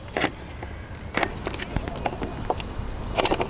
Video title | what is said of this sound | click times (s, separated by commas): The Easiest DIY Electric Bike Kit I've Ever Used! (Rubbee X) | there we go click | 3.3 s